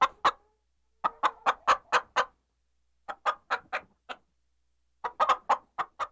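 Chicken clucking in short groups of several sharp clucks, each group separated by a brief silence.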